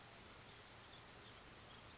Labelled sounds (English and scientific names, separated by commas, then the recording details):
Oak Titmouse (Baeolophus inornatus)
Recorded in Sonoma County, California